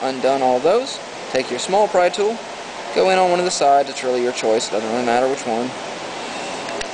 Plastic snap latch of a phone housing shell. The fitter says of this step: Get underneath there, and you will hear the latches give way.